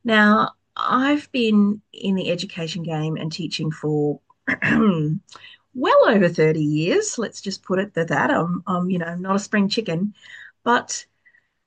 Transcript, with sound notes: Now, I've been in the education game and teaching for, (clears throat) well over 30 years. Let's just put it at that. I'm, I'm, you know, not a spring chicken, but,